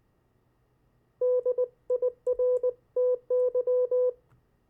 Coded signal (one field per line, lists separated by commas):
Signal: Morse code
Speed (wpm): 20 wpm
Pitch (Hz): 500 Hz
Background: none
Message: DIRTY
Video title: CW Copy practice of Opposite Words, Pen and paper follow along.